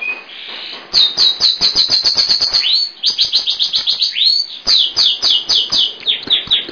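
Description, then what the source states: Songbird delivering quick bursts of shrill, repeated chirps and upslurred whistles, broken by brief pauses between phrases. Labelled as masteran.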